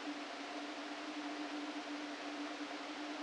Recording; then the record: brain microelectrode recording played as sound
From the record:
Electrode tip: outside the subthalamic nucleus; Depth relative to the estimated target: 5 mm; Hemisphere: right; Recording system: NeuroSet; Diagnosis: Parkinson's disease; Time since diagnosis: 13 years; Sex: male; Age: 49 years